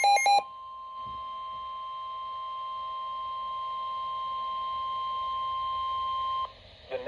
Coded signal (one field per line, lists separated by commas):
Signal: Emergency Alert System (SAME) tones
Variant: 1050 Hz attention tone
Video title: NOAA Weather Radio - Doubleheader Tornado Warning [EAS #9-10] (9/1/21)